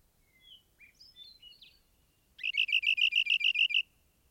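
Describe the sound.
Rock wren song: several soft thin whistled notes at varied pitches, followed by a loud rapid series of evenly repeated trilled notes.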